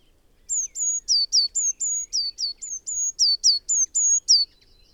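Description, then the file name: Eurasian blue tit calling a steady run of many high notes, alternating flat whistles and quick downward slurs. "Cyanistes caeruleus"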